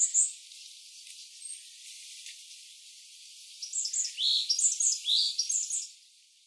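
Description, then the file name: Iriomote tit song: a run of high, thin notes stepping up and down in short phrases, following a quiet stretch with faint hiss. Song, recorded on Iriomote on 3 December 2024. "oriiyamagara iriomote"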